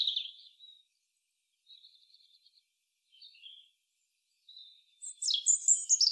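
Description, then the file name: European robin singing: scattered high, thin whistled notes and brief trills separated by pauses, ending in a louder rapid cascade of sharp notes. "Erithacus rubecula"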